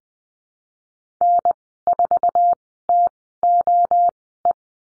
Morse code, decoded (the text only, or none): N4TOE